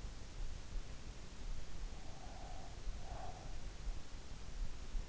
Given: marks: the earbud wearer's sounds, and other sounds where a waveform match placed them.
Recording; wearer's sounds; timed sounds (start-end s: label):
sounds in sleep by an in-ear microphone; breath
1.84-3.79 s: breath